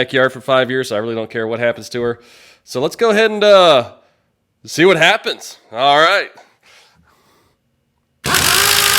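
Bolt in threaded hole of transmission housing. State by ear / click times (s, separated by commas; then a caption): stripped / 8.3 s. Someone talks, then at 8.3 s a power tool starts up loudly, driving a bolt into a threaded hole in a metal transmission case until the end of the clip. The bolt's thread strips out of the hole in the transmission housing.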